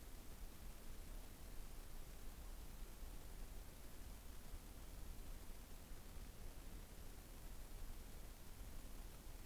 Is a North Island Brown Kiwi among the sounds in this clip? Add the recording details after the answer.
no. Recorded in New Zealand on 15 November 2013. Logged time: 00:43. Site BV22